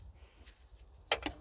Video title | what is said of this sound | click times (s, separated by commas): 2004 Honda Civic Brake Light Bulb Replacement | just insert it until it clicks. | 1.1 s